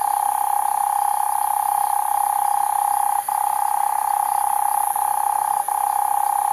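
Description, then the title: Cane toad giving a steady, droning mid-pitched trill that barely pauses, with a light high hiss in the background. Cane toads at night in Australia, 2011; from a soundwork of altered and unaltered field recordings. "EMERGING TERRITORIES. Cane Toads at Night"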